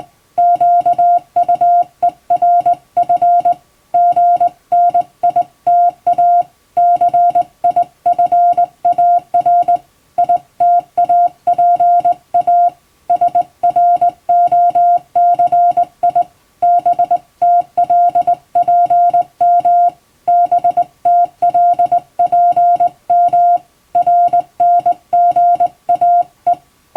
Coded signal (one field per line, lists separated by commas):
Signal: Morse code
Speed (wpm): 20 wpm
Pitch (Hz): 700 Hz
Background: music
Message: QUERF GNITA CIFAR ITAPA SROCI BTLPM BTLPM RNGAE